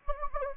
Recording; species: mosquito wingbeat signal from an infrared sensor; Anopheles gambiae